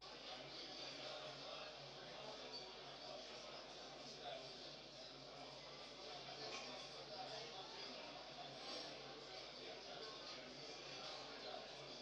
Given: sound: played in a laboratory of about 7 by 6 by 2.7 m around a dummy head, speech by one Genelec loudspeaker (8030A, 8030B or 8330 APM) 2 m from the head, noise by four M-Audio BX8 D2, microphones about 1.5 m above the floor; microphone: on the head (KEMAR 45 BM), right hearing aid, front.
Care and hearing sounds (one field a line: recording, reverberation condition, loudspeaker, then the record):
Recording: cafeteria noise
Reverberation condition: medium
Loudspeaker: four, about 170 cm from the corners of the room and facing them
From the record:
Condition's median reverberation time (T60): about 510 ms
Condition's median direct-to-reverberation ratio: about -0.5 dB